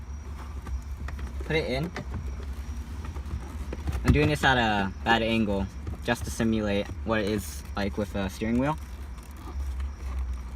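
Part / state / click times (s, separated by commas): wiring harness connector into instrument cluster / not seated / none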